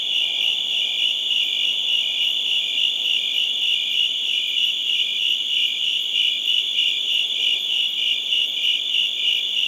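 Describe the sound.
Crickets chirping continuously, a high ringing drone pulsing steadily, with faint lower noise beneath.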